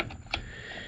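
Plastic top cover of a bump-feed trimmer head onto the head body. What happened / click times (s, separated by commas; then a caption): The plastic cover clicked into place / 0.3 s. The plastic top cover of a bump-feed string trimmer head is pushed back onto the head body on an Echo trimmer. A single sharp click sounds at 0.3 s over a faint background hum, showing the cover has seated in place.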